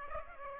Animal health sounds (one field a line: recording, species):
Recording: mosquito wingbeat signal from an infrared sensor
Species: Aedes aegypti